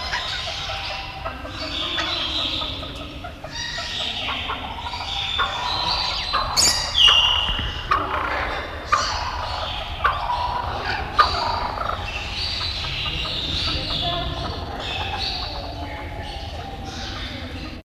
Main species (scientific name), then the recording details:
Perdicula asiatica. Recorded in captivity. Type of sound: call. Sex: pair. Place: Zoo Köln, Nordrhein-Westfalen, DE. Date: 1970-01-24. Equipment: Halbspur, 9,5 cm/s. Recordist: Lütgens, Hans. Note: Ein Paar